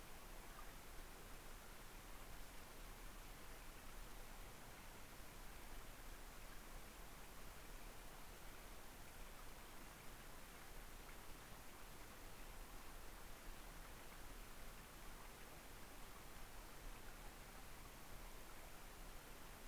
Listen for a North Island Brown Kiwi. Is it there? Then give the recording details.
no. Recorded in New Zealand on 3 November 2013. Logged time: 01:58. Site CV71